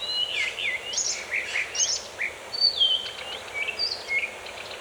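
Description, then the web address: Birds singing, several high whistled phrases with sliding, looping notes overlapping in quick succession, over a soft steady background hiss. Birds in a forest. "مجموعه افکت صدا حیوانات SES Animals SFX Sounds Birds in Forest (Loop 2 )"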